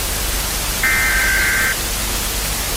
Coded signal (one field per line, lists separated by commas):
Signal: Emergency Alert System (SAME) tones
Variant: header bursts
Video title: EAS Scenario | Fall Of The United States | Analog Horror